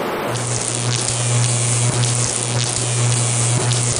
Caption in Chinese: 你们会从功放当中听到好几种耳鸣的声音。 这个声很像那个有电话进来，对对，受到干扰的，对对对，那个声音。 他如果一直这样的话，我会觉得很烦躁。